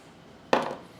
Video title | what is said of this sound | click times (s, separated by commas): DeWalt 3600 PSI No/Low Pressure Washer - Fixed for $17 | we'll throw the boot back on until it clicks like that | 0.5 s